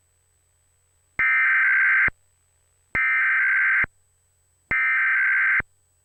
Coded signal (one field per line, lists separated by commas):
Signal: Emergency Alert System (SAME) tones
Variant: header bursts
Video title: Iowa State Emergency Alert System Tests - January 2nd, 2019